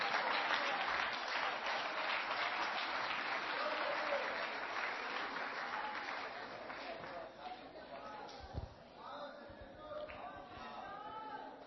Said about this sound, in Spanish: Denle palmas a Jesús de Nazaret.